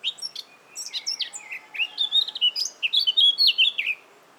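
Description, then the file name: Eurasian blackcap song, a quick run of high, scratchy warbled notes that grows louder before ending abruptly. "Sylvia atricapilla"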